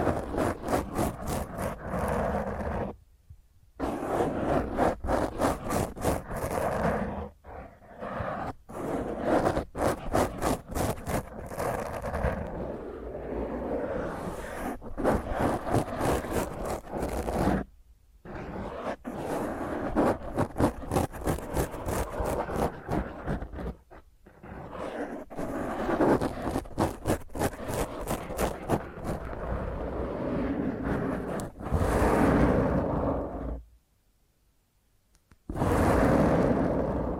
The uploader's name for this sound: Intense Rough Mic Scratch using HandNails